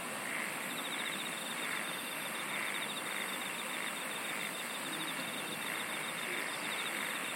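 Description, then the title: Faint pulsed insect trills come in brief runs, with soft repeated chirps lower down, over a constant dense hiss. "SINGING OF INSECTS"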